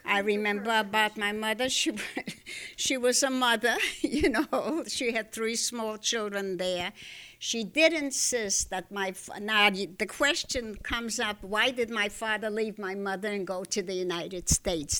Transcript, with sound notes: I remember about my mother, she was a mother, you know. ( she laughs ) She had three small children there. She did insist that my, now, the question comes up why did my father leave my mother and go to the United States.